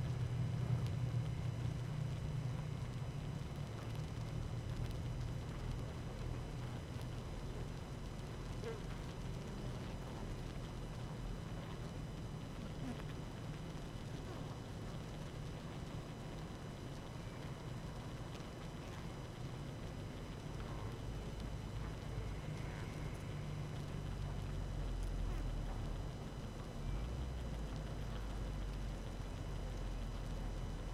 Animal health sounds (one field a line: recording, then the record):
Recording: honeybee colony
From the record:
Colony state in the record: active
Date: 12 June 2018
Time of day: 17:49